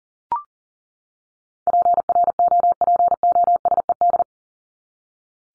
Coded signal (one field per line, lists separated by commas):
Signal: Morse code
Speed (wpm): 40 wpm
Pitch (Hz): 700 Hz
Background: none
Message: PROPOSED